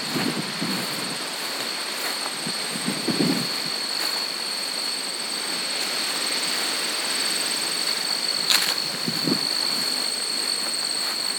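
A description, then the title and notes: Footfalls on a farm trail come as a few soft, low crunches, in small clusters near the start, around three seconds, and again near nine seconds. A steady hiss and a thin, constant high whine run underneath throughout, with a single sharp click just after eight seconds. Footfalls on a Farm Trail.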